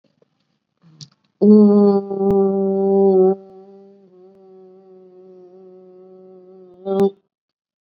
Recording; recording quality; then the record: sustained vowel as in boot; excellent, no background noise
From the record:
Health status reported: COVID-19 positive, mild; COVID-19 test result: positive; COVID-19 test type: RT-PCR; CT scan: not taken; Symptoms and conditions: cough, fever, fatigue, muscle pain, diabetes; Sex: female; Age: 58 years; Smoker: no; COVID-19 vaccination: both doses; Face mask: worn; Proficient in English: yes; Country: India